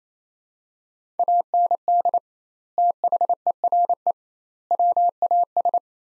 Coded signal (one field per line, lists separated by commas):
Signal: Morse code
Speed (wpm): 28 wpm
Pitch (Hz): 700 Hz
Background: none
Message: AND THERE WAS